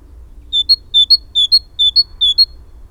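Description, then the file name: Great tit giving five crisp, evenly spaced two-note phrases, lower note first then higher, with only faint low background noise. "Parus major"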